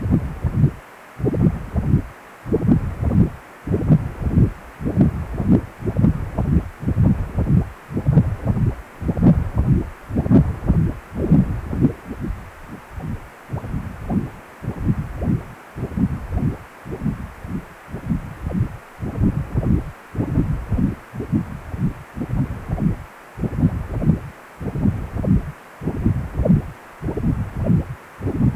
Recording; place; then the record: Doppler ultrasound of blood flow; precordium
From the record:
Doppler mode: continuous wave and pulsed wave in the uncut recording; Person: healthy adult, 18 to 50 years, no heart murmur, not diving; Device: 2.5 MHz transducer